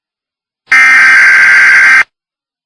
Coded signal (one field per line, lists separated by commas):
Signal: Emergency Alert System (SAME) tones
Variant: header bursts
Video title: DO NOT LOOK IN THE MIRROR | Analog Horror Found Footage | Distorted EAS Broadcast